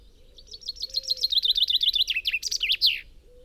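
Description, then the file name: Common chaffinch song, a quick series of bright repeated notes dropping in pitch and closing with an emphatic terminal flourish, heard once. "Fringilla coelebs"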